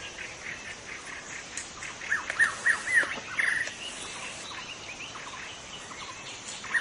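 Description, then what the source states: White-rumped shama song of short, bright whistled notes clustered in the middle, rapid and slightly uneven, with constant background hiss and faint chirps. In forest; called murai batu hutan (forest white-rumped shama) in Indonesian.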